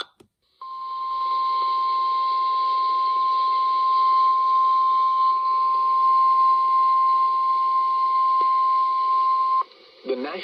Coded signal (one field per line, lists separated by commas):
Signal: Emergency Alert System (SAME) tones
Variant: 1050 Hz attention tone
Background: speech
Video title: Double the Size, Triple the Headers || EAS Alerts from 7/9/23 || EAS 718-738